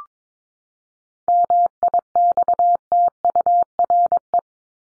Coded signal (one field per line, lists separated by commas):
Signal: Morse code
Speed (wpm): 22 wpm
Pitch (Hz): 700 Hz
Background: none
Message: MIXTURE